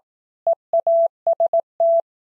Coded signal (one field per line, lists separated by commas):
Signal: Morse code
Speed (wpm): 18 wpm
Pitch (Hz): 670 Hz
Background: none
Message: EAST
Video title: Morse Code: words at 18wpm